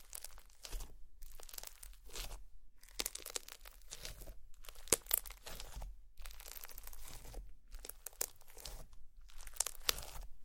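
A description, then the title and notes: Slime being squished and worked, with wet crinkly crackles that come in dense bursts separated by short quiet gaps. A few sharper pops stand out near the five-second mark and again near the end. It is quiet otherwise, with a faint low hum underneath. ASMR Slime sounds.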